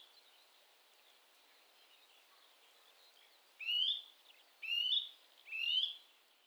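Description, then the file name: Eurasian nuthatch, three loud rising whistled calls about a second apart after a quiet start with soft high hiss. "Sitta europaea"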